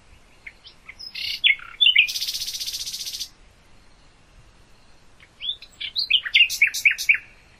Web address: hoeren nachtigall